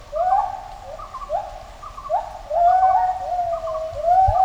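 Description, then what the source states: Gibbons duetting, with rising, swooping whoop notes repeated in quick succession over a series of shorter, higher hooting phrases. Gibbons performing a duet.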